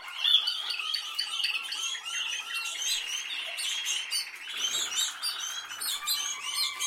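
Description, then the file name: Canary song, a dense mass of high twittering notes and rolling trills that overlap throughout, with a smoother buzzing trill running through the middle section. "Canary Voice"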